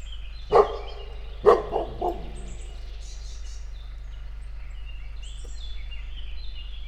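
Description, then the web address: Dog giving two sharp barks then two softer ones in about the first two seconds, followed by a steady low hum. Recorded outdoors in nature at a tourist lodge. "allathangok termeszetben kutya"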